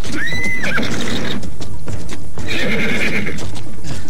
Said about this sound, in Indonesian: kuda sakti yang disebut-sebut sebagai kuda setan di sekitar Bukit Tunggul menginjak-injak ular-ular yang bertebaran.